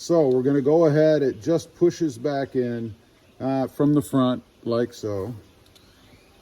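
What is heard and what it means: A man talks while a momentary push-button switch is pushed back into its Toyota Tacoma truck dash panel from the front. Speech fills most of the clip, with quieter pauses between phrases. Nothing has seated or clicked yet by the end of the clip.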